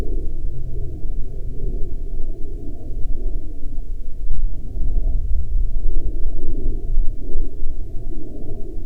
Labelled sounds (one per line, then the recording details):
aircraft
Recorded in the Prudhoe Bay oil fields, Alaska, on 21 June 2019 at 11:27
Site 13